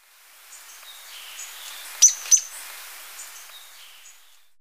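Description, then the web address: Streaked Xenops uttering two sharp, very high, thin notes a third of a second apart, with faint high chirps and quiet background noise. Recorded in Ecuador. "S America Birds of Ecuador. Streaked Xenops"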